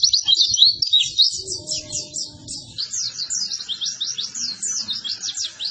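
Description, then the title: White-eye song: a rapid, continuous twittering of high, sliding notes, rich and varied, with a faint low hum and a brief steady tone beneath. Vigorously singing ('gacor') white-eye; master recording (masteran) used to train cage birds for song competition success. "Pleci Gacor. Masteran Burung PLECI"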